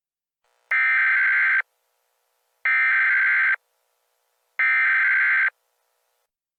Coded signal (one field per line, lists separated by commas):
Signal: Emergency Alert System (SAME) tones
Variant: header bursts